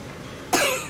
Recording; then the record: coughing mixed with background sound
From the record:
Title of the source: 64 coughing, allergies, singing lungs